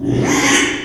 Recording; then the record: squeal of a Yucatan mini pig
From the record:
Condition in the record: after surgery on the right vocal fold (resection and tissue-engineered implant); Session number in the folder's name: 3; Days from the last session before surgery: 33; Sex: male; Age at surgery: 12 weeks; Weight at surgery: 13 kg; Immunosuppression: cyclosporine, prednisolone